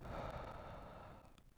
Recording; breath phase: one breath near a microphone; exhalation